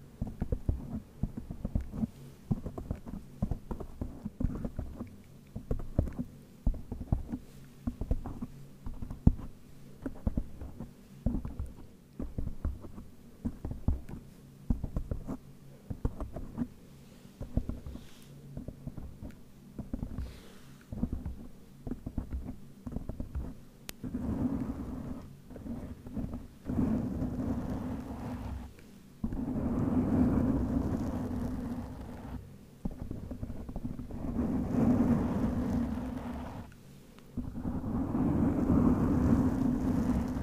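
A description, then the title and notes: Microphone scratching with no talking: dense low rubbing and rapid irregular scrapes, turning into longer, louder swelling rasps after about 25 seconds. ASMR Mic Scratching no Talking, MIT/OHNE Cover.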